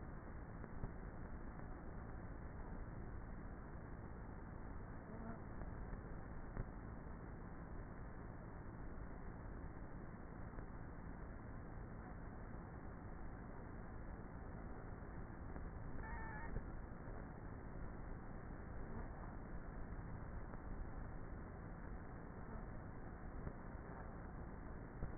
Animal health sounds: honeybee colony, microphone inside the hive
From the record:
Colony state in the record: queenless with a low population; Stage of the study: before two queens were removed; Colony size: about 30,000 bees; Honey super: no

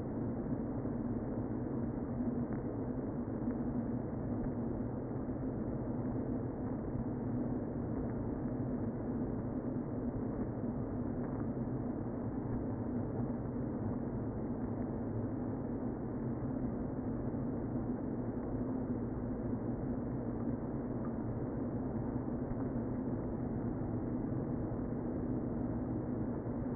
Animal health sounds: honeybee colony, microphone inside the hive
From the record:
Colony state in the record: queen present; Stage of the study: before two queens were removed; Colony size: about 60,000 bees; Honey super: yes

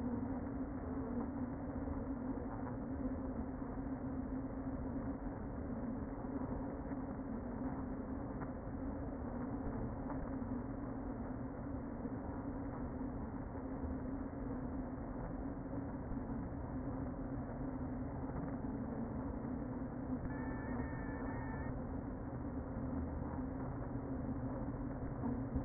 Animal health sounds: honeybee colony, microphone inside the hive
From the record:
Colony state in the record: queen present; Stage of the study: before two queens were removed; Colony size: about 60,000 bees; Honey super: yes

